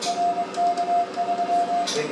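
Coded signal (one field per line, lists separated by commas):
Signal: Morse code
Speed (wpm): 24 wpm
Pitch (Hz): 700 Hz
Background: none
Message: RK3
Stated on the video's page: Aurora-reflection contacts on 144 MHz during a strong auroral opening, many QSOs made.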